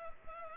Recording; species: mosquito wingbeat signal from an infrared sensor; Culex pipiens